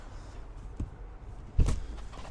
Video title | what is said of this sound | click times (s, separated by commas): (SOLD) 2018 Scarab 195 ID ($23,700) | these click into place you can see the bast bags or storage | 1.7 s